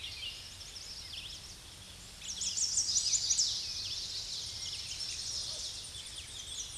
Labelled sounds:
Chestnut-sided Warbler song
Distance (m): 20 m
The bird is about 10 m above the microphone
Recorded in a Pennsylvania forest on 16 May 2024 at 07:26
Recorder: AudioMoth, point MSD-0263
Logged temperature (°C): 16.0 °C
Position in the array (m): 82 m, 219 m

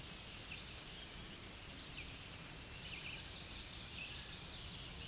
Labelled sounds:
American Redstart song
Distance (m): 35 m
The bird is about 5 m above the microphone
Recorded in a Pennsylvania forest on 16 May 2024 at 07:40
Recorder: AudioMoth, point MSD-0383
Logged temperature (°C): 15.3 °C
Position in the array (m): 115 m, 230 m

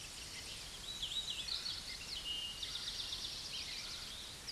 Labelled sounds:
Hooded Warbler song
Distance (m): 40 m
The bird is about 25 m above the microphone
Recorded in a Pennsylvania forest on 16 May 2024 at 08:03
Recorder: AudioMoth, point MSD-1418
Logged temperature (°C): 16.4 °C
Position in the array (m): 182 m, 192 m

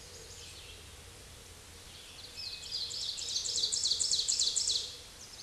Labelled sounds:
Ovenbird song
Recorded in a Pennsylvania forest on 16 May 2024 at 09:43
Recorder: AudioMoth, point MSD-2376
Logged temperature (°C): 16.7 °C
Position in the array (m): 161 m, -11 m

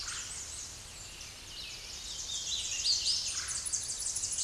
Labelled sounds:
Hooded Warbler song
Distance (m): 35 m
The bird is about 10 m above the microphone
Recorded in a Pennsylvania forest on 16 May 2024 at 08:01
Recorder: AudioMoth, point MSD-1293
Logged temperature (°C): 12.0 °C
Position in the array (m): 37 m, 182 m

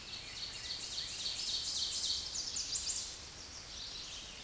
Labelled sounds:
Ovenbird song
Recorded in a Pennsylvania forest on 16 May 2024 at 07:33
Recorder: AudioMoth, point MSD-0475
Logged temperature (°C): 12.3 °C
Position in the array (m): 168 m, -23 m

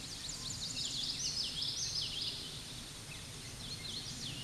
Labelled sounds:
Common Yellowthroat song
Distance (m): 25 m
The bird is about 10 m above the microphone
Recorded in a Pennsylvania forest on 16 May 2024 at 08:04
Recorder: AudioMoth, point MSD-2453
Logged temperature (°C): 16.3 °C
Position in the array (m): 228 m, 181 m

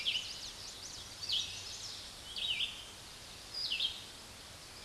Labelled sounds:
Red-eyed Vireo song
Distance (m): 25 m
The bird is about 20 m above the microphone
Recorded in a Pennsylvania forest on 16 May 2024 at 06:41
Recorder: AudioMoth, point MSD-2258
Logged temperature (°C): 15.2 °C
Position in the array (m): 165 m, 73 m

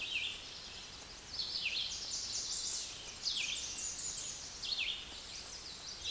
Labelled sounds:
Red-eyed Vireo song
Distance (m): 25 m
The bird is about level with the microphone
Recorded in a Pennsylvania forest on 16 May 2024 at 08:52
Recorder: AudioMoth, point MSD-0475
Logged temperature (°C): 12.3 °C
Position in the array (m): 134 m, 19 m

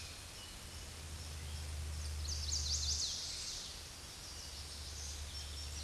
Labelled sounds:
Chestnut-sided Warbler song
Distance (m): 50 m
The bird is about level with the microphone
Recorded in a Pennsylvania forest on 16 May 2024 at 08:08
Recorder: AudioMoth, point MSD-2349
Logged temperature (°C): 15.8 °C
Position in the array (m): 15 m, 24 m

